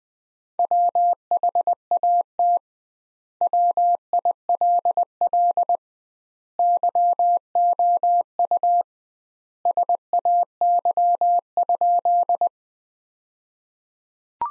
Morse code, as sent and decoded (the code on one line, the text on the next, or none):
.-- .... .- - / .-- .. .-.. .-.. / -.-- --- ..- / ... .- -.-- ..--..
WHAT WILL YOU SAY?